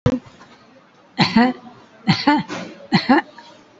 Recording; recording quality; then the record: heavy voluntary cough; excellent, no background noise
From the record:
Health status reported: COVID-19 positive, mild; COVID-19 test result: positive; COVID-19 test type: RT-PCR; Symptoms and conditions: cough, fatigue, hypertension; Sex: female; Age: 75 years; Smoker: no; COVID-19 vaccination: one dose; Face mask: worn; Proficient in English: no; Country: India